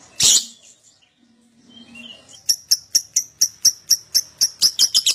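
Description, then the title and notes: Lovebird calls: one loud shrill squawk, a quiet pause, then a run of sharp high chirps. Adult lovebird, gacor (singing constantly) with an owor-owor song style. "LOVEBIRD GACOR OWOR OWOR. Lovebird Dewasa"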